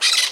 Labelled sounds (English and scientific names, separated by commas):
Brown-throated Parakeet (Eupsittula pertinax) contact call